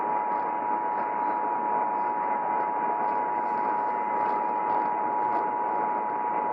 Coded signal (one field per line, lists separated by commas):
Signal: Emergency Alert System (SAME) tones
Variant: 853 and 960 Hz attention tone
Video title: Ohio EAS Required Monthly Test (December 11, 2019)